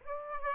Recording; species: mosquito wingbeat signal from an infrared sensor; Aedes aegypti